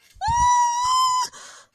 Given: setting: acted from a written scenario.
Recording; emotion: vocal sound without words; elation